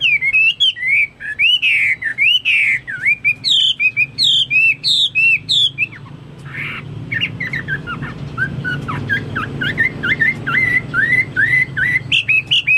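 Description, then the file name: Chinese hwamei song with loud looping whistles repeated in quick succession, then softer quieter warbling notes continuing to the end. "omkicau hwamei"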